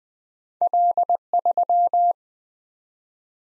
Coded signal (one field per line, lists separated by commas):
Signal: Morse code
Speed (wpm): 20 wpm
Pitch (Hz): 700 Hz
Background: none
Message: L3